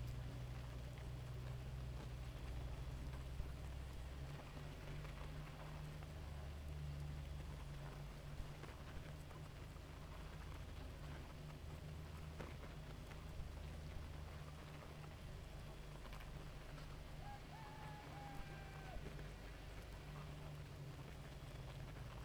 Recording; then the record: honeybee colony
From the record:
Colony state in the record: active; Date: 28 July 2017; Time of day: 2:42